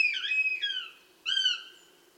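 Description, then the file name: Northern Goshawk begging calls: a loud, quavering wail that tapers away, followed after a short pause by a second, steadier drawn-out cry, against a low hum. Begging calls of young birds at the nest; Tiveden National Park; 8 July 2011, 07:21 in the morning. "patrik berg duvhok-tigglate-boungar-tivedens-np-2011-07-08-kl 07 21"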